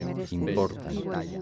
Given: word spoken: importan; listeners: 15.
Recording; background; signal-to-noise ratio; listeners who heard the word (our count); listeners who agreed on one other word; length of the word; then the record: one Spanish word in noise, from a listening test; four-talker babble; 0.8 dB; 0 of 15; 6 of 15; 1.02 s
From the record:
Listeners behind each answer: 6, 5, 2, 1, 1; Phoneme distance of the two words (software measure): 10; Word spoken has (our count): 3 syllables, 8 phonemes, stress on syllable 2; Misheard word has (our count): 3 syllables, 8 phonemes, stress on syllable 2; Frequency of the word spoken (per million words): 4.16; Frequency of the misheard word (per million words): 0.15